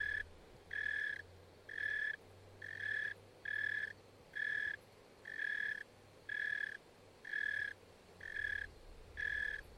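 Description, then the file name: Cicada buzzing in regular half-second bursts, about one per second, with a faint low hum running underneath through much. "cikada"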